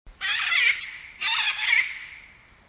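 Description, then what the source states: Parrot giving two harsh, laughing squawks, the second longer and trailing off into a fading rasp. In the Amazon.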